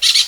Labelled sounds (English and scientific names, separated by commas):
Brown-throated Parakeet (Eupsittula pertinax) contact call